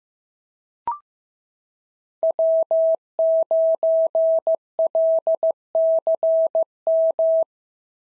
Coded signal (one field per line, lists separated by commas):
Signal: Morse code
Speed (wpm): 15 wpm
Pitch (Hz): 650 Hz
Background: none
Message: W9LCM